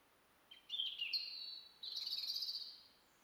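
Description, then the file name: European robin song: a thin, high warbling phrase with quick trills, followed by a shimmering trilled passage. "Erithacus rubecula"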